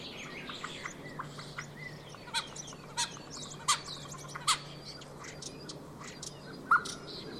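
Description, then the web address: Common starling chattering with scattered sharp clicks and brief thin whistles at irregular intervals, a few louder snaps among them, over a low steady hum. "Deverinetal 2025. Bird Only"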